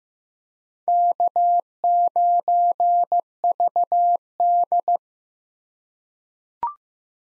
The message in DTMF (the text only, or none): none